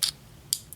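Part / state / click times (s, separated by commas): plastic missile into toy's spring-loaded launcher / seated / 0.5 s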